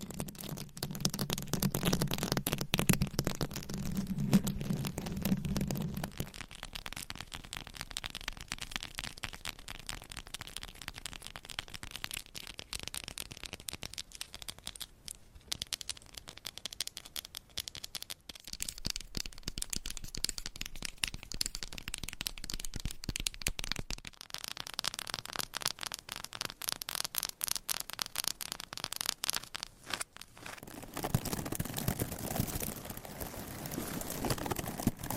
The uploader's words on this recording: ASMR for ADHD Changing Triggers Every 5 Seconds Scratching , Tapping , Massage & More No Talking.